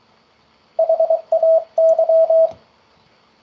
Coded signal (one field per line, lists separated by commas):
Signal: Morse code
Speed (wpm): 23 wpm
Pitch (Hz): 650 Hz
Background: none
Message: HAY